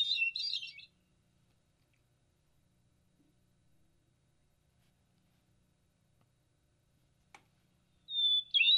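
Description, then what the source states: Hermit Thrush giving a short fluty, warbling phrase, then long silence and a single click before a second clear whistled phrase begins. Played back on a radio programme; a hardy thrush, some wintering locally while others migrate; sounds very thrush-like but a little different.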